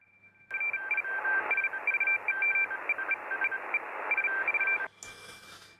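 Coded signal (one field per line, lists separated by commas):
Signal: RTTY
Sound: rapid warbling between two steady tones over hiss, then abrupt stop into static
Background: radio static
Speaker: normally that's the data section so there's some data noises sounds like some radio teletype going on there so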